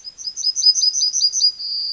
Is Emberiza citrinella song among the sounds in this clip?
yes